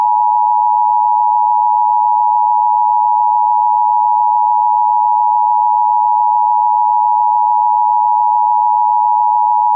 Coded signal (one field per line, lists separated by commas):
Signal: Emergency Alert System (SAME) tones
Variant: 853 and 960 Hz attention tone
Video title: EAS SCENARIO #8 - Countries are Disappearing!